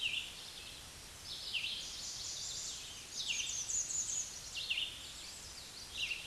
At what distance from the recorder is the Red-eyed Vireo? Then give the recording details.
about 25 m. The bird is about level with the microphone. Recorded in a Pennsylvania forest on 16 May 2024 at 08:52. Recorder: AudioMoth, point MSD-2376. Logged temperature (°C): 16.7 °C. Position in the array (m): 134 m, 19 m